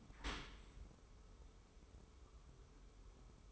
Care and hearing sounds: daily activity, microphone in the room; open dishwasher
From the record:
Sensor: 1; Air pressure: 1015.0 hPa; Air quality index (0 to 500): 25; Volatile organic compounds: 0 ppm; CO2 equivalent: 501 ppm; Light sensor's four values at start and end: 13/30/12/13 and 13/30/12/13

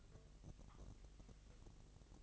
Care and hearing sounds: daily activity, microphone in the room; take from stove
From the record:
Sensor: 4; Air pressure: 1000.1 hPa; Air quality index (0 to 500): 229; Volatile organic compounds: 30 ppm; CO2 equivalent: 2959 ppm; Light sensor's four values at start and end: 9/20/8/8 and 9/20/8/7

